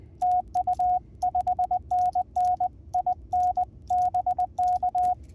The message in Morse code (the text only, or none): TU 5NN IN BK